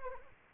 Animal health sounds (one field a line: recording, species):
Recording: mosquito wingbeat signal from an infrared sensor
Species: Anopheles arabiensis